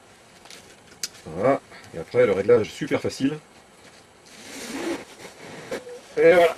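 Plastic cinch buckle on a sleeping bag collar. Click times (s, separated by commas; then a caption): 1.0 s. Two plastic cinch clips on the collar of a Valandré Bloody Mary down sleeping bag are fastened together, and a sharp, short click sounds at 1.0 s as the cord lock buckle clips shut. Someone talks before and after the click.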